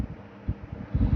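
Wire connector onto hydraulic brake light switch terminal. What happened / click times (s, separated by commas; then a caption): The connector is being handled but has not clicked home yet / none. A second wire connector is handled at the terminal of a hydraulic brake light switch on a hot rod, ready to be pushed on. Only low, wind-like rumbling is heard, with soft bumps near 0.5 s and 0.7 s and a louder stretch from about 0.95 s to the end. Nothing has seated or clicked yet.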